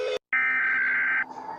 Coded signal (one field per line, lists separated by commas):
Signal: Emergency Alert System (SAME) tones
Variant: header bursts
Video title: Egypt Eas Alarm (tsunami and tornado and tufon)